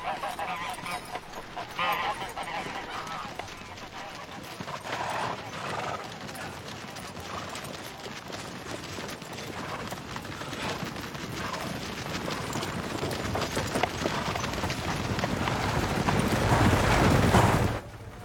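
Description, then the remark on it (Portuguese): Horse hooves clip-clop in a steady, brisk rhythm while a horse whinnies, the clatter building louder toward the end with no one speaking. “Carregue os cavalos o máximo que eles aguentarem.”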